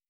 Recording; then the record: hydrophone in a shrimp aquaculture tank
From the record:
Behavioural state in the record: feeding